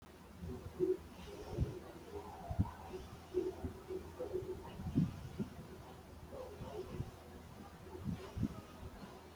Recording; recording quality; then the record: shallow breathing; poor, much background noise or distortion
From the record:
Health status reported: healthy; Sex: male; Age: 26 years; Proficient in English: yes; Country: India